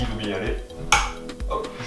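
The mounting notch of a new Philips monitor is slid down onto the notch of its plastic stand while someone talks. A loud, sharp click sounds at 0.9 s as it latches. The monitor is seated on the stand, positioned correctly, and the stand does not come off.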